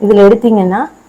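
Sewing-machine thread is being drawn through the small gap toward the tension spring slot of a metal bobbin case while someone talks. The clip ends before the thread snaps into the slot, so nothing has seated or clicked yet.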